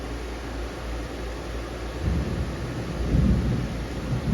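A gasket and the cover/bowl of a Mariner/Mercury 25 carburetor (about 1995–1999) are positioned on the carburetor body during a rebuild, but the body's dowels are not fully lined up yet. A low, rumbling wash of noise fills the clip, swelling louder around 2.1 s and 3.2 s, with no distinct clicks. Nothing has seated or clicked yet.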